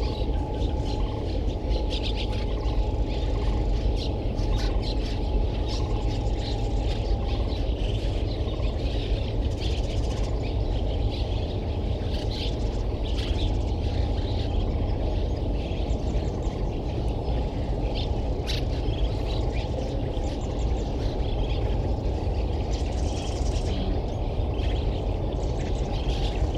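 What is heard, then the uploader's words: A freight train, almost three miles away, lays down a steady low rumble that runs unbroken through the whole clip. Over it, marsh birds chirp and call in frequent short bursts, with busier bright chatter around the middle and near the end. Train and Marsh Life, Sierra Valley, 6:53am. Recorded on a steel bridge, the recording includes many barn swallows who nest under the bridge. This stereo recording was made with a pair of Sennhieiser MKH-8020 omnidirectional microphones, mounted on a Jecklin disk baffle.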